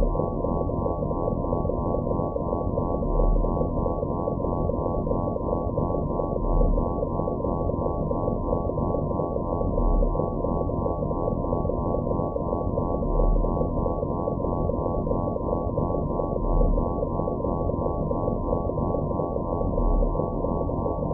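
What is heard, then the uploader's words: Binaural beats: a dense, steady bed of low and middle tones that stops sharply around the upper middle, with nothing bright above. Faint regular pulsing runs through the layered tones, and the level stays even, with gentle swells every few seconds. Binaural & pluraural beats made with recorded directly from the output of DIN is Noise at sandokan bay in berlin.eu.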